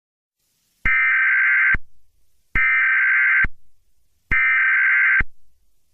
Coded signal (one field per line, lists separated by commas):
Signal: Emergency Alert System (SAME) tones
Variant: header bursts